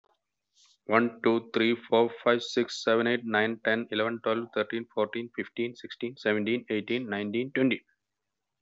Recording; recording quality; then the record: counting at a fast pace; excellent, no background noise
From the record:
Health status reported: healthy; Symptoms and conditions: none ticked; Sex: male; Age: 42 years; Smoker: not ticked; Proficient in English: yes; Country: India